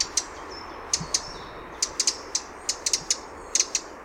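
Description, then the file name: Eurasian wren ticking calls, crisp dry clicks given singly or in quick pairs and triplets, with a faint thin whistled note early on. "Troglodytes troglodytes"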